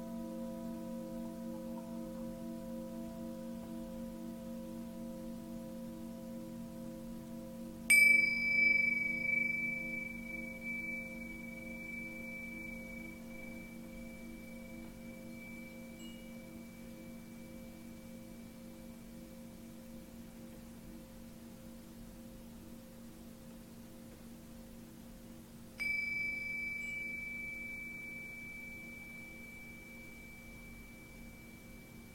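A Tibetan singing bowl hums with a steady low drone throughout. It is struck twice, at about 8 and 26 seconds, each strike ringing out as a clear high tone that slowly fades while the low hum continues beneath.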